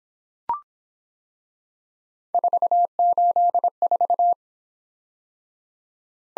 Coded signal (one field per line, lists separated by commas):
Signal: Morse code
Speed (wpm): 25 wpm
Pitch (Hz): 700 Hz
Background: none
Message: 484